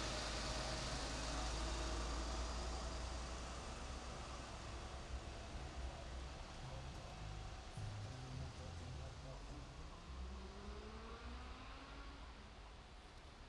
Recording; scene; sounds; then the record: everyday scene through a hearing-aid microphone; in traffic; traffic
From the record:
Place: main road on the outskirts, rush hour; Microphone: in the ear canal, right